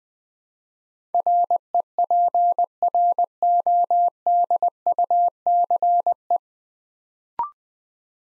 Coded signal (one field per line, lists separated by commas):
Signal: Morse code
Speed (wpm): 20 wpm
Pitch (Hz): 700 Hz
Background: none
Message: REPRODUCE